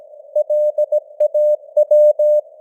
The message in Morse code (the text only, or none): LAW